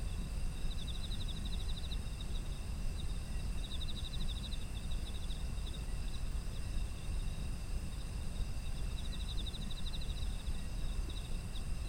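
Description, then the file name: Insects chirping: buzzy pulsed trills in bursts of about a second, over steady high ringing tones and a constant low rumble. Ambient sound of autumn insects. "秋の虫の環境音"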